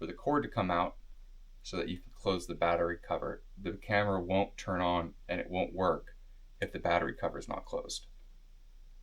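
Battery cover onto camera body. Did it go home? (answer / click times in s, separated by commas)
no / none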